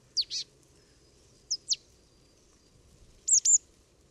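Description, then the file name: Marsh tit giving thin high falling call notes, a pair early, a second pair, then a quick doubled note near the end. "Poecile palustris"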